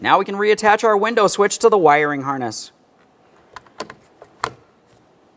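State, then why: Seated. Someone talks, then the wiring harness connector is pressed onto a rear power window switch from a 2004-2008 Ford F-150, with a few faint taps of handling. A sharp click at 4.4 s marks the connector locking in, seated.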